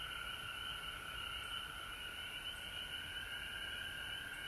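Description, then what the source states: Frog chorus with a constant buzzing trill and fast overlapping rising chirps, steady in level from start to end. Recorded at home in Georgia on March 19, 2020.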